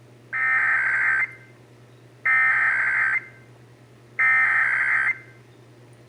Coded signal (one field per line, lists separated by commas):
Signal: Emergency Alert System (SAME) tones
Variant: header bursts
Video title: (EAS #610-617) April 2024 Texas Required Monthly Test